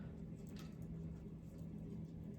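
A plastic spacer sleeve is handled and lined up to find the groove on a metal shelving post before the shelf is pushed home. Only faint handling noise sits over a steady low hum, with one brief soft touch near 0.6 s. Nothing has seated or clicked yet.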